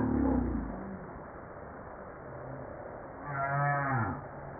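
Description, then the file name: Humpback whale song units: a low groan at the start, a quiet gap, then a harmonic rising-and-falling moan near the end. Recorded 5 March 1994. "Baleine a bosse 940305-1022"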